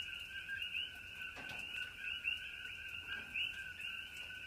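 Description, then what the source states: Coqui frogs in a dense chorus, two steady overlapping pitch bands of quick two-note calls, with soft scattered ticks like light rain drops. Several coqui frogs calling in Hawaii during light rain.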